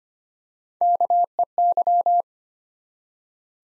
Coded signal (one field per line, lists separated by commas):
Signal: Morse code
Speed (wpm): 25 wpm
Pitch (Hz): 700 Hz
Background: none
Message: KEY